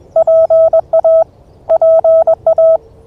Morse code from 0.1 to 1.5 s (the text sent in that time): PA